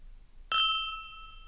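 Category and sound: household object, glasses clinking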